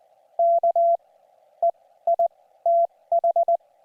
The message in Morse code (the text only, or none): KEITH